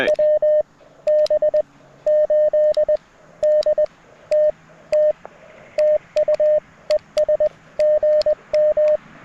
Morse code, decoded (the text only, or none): WB8DTT TU ES GM